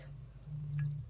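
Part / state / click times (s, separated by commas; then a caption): mains plug piece into phone charger adapter / seated / 0.8 s. An interchangeable mains plug piece is slotted onto the plastic adapter body of an HTC Wildfire S phone charger and twisted until it locks. Over a steady low hum, a single quiet, short click sounds at 0.8 s as the plug piece seats in place.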